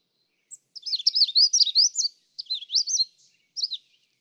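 Magnolia warbler song of high, sweet slurred notes in a run of about a second and a half, followed by a shorter phrase and a brief final note.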